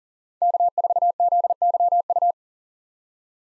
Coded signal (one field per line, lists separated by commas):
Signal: Morse code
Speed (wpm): 40 wpm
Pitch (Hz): 700 Hz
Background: none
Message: K4ZYU